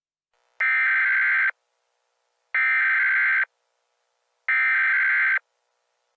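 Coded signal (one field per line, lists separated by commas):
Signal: Emergency Alert System (SAME) tones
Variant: header bursts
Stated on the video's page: Fictional EAS scenario, a simulated alert.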